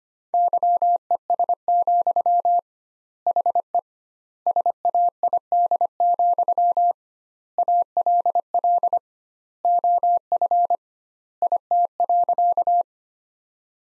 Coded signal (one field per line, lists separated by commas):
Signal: Morse code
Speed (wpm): 25 wpm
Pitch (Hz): 700 Hz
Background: none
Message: YES, HE SAID, ALL OF IT.